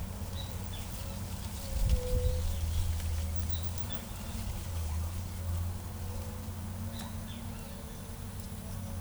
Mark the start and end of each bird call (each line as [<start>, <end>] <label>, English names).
[1.72, 2.46] White-tipped Dove